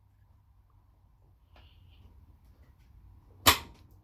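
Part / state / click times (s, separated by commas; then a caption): shift linkage cable end into its transmission mount / seated / 3.5 s. A shift linkage cable end is lined up and pushed onto its mount on the transmission of a 1998–2002 Honda Accord during a transmission rebuild. A faint rustle comes first, then one sharp, bright click at 3.5 s, the sign that the cable end has seated in its mount.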